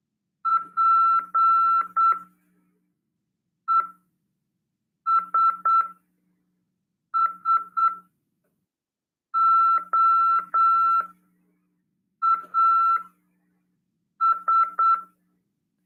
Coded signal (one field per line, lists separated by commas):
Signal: Morse code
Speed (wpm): 8 wpm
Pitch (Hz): 1340 Hz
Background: none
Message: PESSOAS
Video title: RADIOAMADOR 2ªEd. 21/12/2022 "AULA 48: CW, LEGIS e C.RODADA" FM 146.410 Mhz PY2EXU PAULO CRASP/RAF.